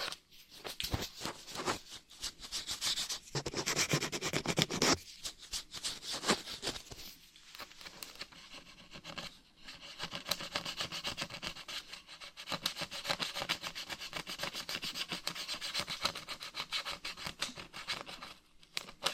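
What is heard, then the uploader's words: Scratching against a rough surface, made of dense, rasping strokes that fill the whole range from low to bright. The strokes run fairly continuously with short gaps, loudest and busiest around three to five seconds, easing briefly near eight and twelve seconds. ASMR Brain Melting Scratching (No Talking).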